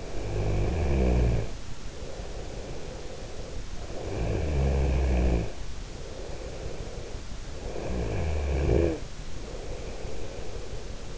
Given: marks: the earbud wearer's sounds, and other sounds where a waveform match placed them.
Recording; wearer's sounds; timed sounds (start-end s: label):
sounds in sleep by an in-ear microphone; snoring breath
0.00-3.76 s: snoring breath
3.83-11.18 s: snoring breath